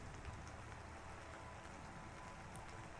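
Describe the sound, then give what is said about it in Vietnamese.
Soft, steady rain patters down in a continuous hiss, with faint scattered droplet ticks and no voices. “Mưa bắt đầu lất phất rơi.”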